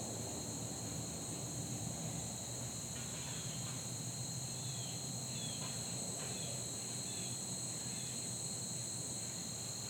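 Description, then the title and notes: Insect drone in two steady high tones runs without pause over a low background rumble, with a few faint brief sounds around the middle. Fall day that felt like late summer, in a neighborhood; insects droning like the heat. "Soundcast: Insects and Acorns. Recorded on a fall day that felt more like late summer, down to the insects droning like the heat. As a seasonal touch they were joined on percussion by the falling acorns. Blue Ion"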